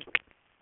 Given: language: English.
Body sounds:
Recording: throat vibration sensor signal played as sound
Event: swallow

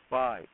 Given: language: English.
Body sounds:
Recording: throat vibration sensor signal played as sound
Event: speech

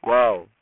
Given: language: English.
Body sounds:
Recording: throat vibration sensor signal played as sound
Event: speech

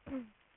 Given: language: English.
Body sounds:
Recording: throat vibration sensor signal played as sound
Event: throat clearing

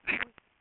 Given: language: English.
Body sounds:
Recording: throat vibration sensor signal played as sound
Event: swallow

